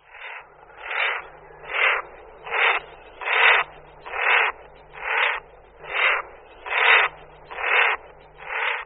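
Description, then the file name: Common merganser rasping calls, eleven harsh croaks in a steady series of about one every 0.8 seconds. "Morčák-velký"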